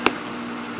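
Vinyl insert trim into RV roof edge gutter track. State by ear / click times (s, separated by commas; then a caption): seated / 0.1 s. A vinyl insert trim strip is pressed into the screw-covering gutter track on the roof edge of a Forest River Americana RV. It gives a sharp snap at 0.1 s, over a steady low hum. The strip seats in the track, with a slight bulge that sends water into the gutter instead of into the track.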